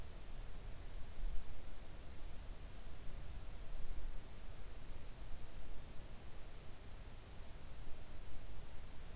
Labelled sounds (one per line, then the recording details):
near silence
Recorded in the Arctic National Wildlife Refuge, Alaska, on 3 August 2019 at 06:06
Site 41